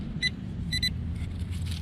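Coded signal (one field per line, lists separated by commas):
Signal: none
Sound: metal detector beeps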